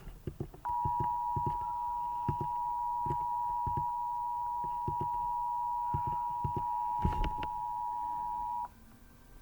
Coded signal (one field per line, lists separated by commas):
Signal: Emergency Alert System (SAME) tones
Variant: 853 and 960 Hz attention tone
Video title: THE WILD COWS HAVE CAME EAS #29